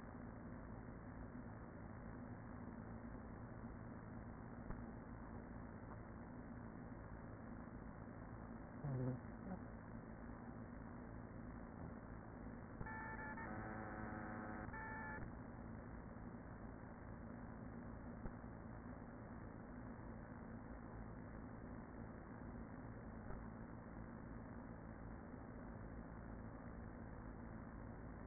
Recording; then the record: honeybee colony, microphone inside the hive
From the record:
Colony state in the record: queen present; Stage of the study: after two queens were removed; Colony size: about 40,000 bees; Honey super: no